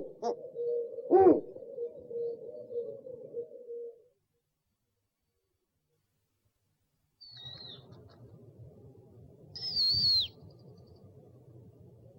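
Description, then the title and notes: Owl sounds: two short low calls over a steady low tone lasting about four seconds, a few seconds of silence, then two high notes, both slurring downward, the second louder. One of 69 call variants from 11 owl species. "Sovy - Eulen - Owls. 69 variant hlasů - 11 druhů sov"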